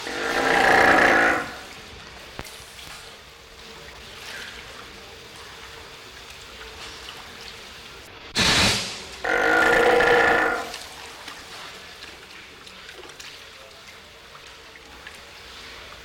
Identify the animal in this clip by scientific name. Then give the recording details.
Otaria flavescens. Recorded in captivity. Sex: female. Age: adult. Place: Münchner Tierpark Hellabrunn, Bayern, DE. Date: 1993-09-20. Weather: 19 °C, heiter. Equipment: Marantz CP 430, Sennheiser MKH 416 T, Kopie Uher Variocord 263. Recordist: Tembrock, Günter. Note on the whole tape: Rauhe Langlaute von Weibchen